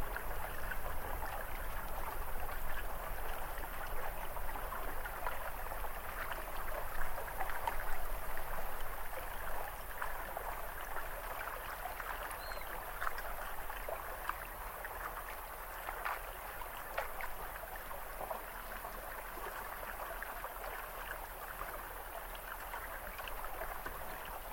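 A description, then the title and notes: Gentle waves lap steadily for the whole stretch, a soft, continuous wash centered in the middle range with small splashes scattered throughout. A low rumble of breeze sits underneath, and the level eases slightly after the first half without any sharp breaks. ICY LAGOON AMBIENT.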